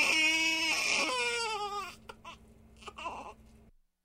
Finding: Crying baby.